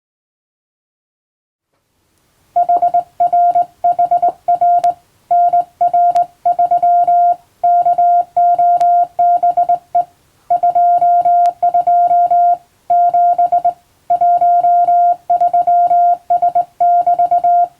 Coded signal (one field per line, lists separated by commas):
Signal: Morse code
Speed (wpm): 20 wpm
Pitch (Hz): 700 Hz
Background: music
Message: HRHR NR3 KOBE 22 7 13S<BT>